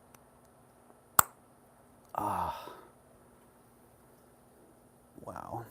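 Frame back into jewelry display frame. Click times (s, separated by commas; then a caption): 1.2 s. A frame back is pressed shut over a jewelry piece in a jewelry display frame, giving one very loud, sharp snap at 1.2 s, with a faint tick just before at 0.1 s. The back seats closed. Afterward, someone talks briefly twice.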